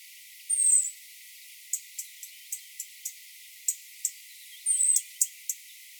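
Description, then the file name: European robin calls: two thin, high, slightly falling whistles, with scattered sharp ticks between and after them. "Erithacus rubecula"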